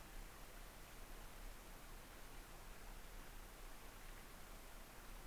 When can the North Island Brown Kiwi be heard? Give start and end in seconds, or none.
none